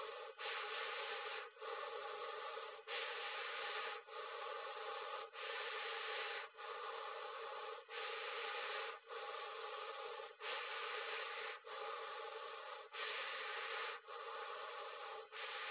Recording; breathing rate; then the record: paced breathing near a phone; 24 breaths a minute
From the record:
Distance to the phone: 20 cm